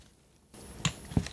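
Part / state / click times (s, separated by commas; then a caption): torque wrench on bolt in cylinder head / torque reached / 0.9 s. A torque wrench tightens the next bolt on a cylinder head during reassembly of a 300ZX Z31, and a sharp click at 0.85 s shows the wrench has reached its set torque. After a quiet first half second, low background noise rises, and someone talks just after the click.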